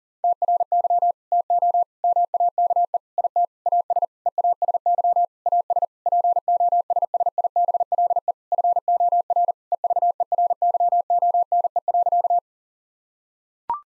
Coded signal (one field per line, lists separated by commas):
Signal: Morse code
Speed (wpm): 40 wpm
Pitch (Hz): 700 Hz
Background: none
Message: TRY TO MAKE IT AS EASY AS POSSIBLE FOR EVERYONE.